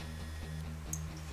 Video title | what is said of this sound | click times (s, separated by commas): OEM Automotive Connectors - How to Save Money by Learning How to De-Pin Your Own Connectors | and you it'll click you might not be able to hear that on camera but uh once you hear that click you know it's locked in position | 0.9 s